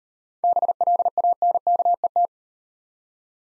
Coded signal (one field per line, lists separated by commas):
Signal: Morse code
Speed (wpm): 37 wpm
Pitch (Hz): 700 Hz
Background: none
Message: BLANKET